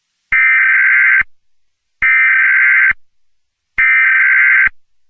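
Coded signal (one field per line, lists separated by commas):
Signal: Emergency Alert System (SAME) tones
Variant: header bursts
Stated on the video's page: Fictional EAS scenario about asteroids hitting Earth.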